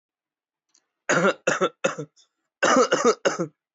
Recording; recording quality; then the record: shallow voluntary cough; excellent, no background noise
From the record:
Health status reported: healthy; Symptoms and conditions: none ticked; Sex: male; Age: 23 years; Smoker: yes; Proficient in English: yes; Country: India